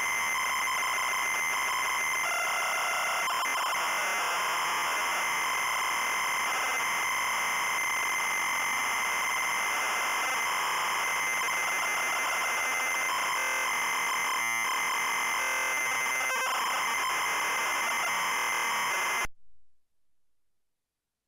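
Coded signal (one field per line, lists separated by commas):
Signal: ZX Spectrum tape loading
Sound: harsh buzzing screech of tape data with a warbling tone, stopping abruptly near 19 seconds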